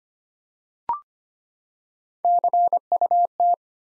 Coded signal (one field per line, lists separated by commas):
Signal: Morse code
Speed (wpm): 25 wpm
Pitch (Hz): 700 Hz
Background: none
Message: CUT